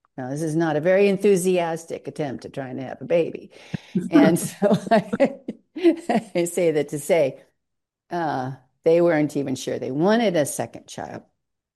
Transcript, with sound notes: Now, this is not a very enthusiastic attempt at trying to have a baby.
(laughs)
And so... (laughs) I say that to say, uh, they weren't even sure they wanted a second child.